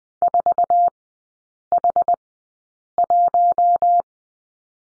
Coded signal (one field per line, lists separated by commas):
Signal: Morse code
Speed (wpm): 20 wpm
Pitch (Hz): 700 Hz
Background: none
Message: 4H1